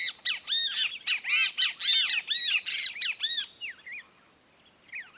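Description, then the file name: Great kiskadee calling in a loud, harsh burst of arched, squawky notes repeated rapidly for about three and a half seconds, then a few softer, wavering notes trailing off. Song exchanged between two birds. "Benteveo -canto-entre-dos-ejemplares"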